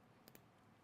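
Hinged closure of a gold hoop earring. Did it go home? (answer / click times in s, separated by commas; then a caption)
yes / 0.3 s, 0.4 s. Both sides of the hinged closure on a 14K yellow gold hoop earring, set with pave diamonds on the front and inside, are pinched to close it. Two short, sharp clicks sound at 0.3 s and 0.4 s over a quiet background. The closure snaps shut and is seated in place.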